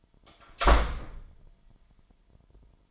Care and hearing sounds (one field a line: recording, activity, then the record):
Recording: daily activity, microphone in the room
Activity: close door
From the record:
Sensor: 5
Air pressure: 998.5 hPa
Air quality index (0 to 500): 82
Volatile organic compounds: 1 ppm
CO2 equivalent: 932 ppm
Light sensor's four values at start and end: 30/74/30/34 and 30/74/30/34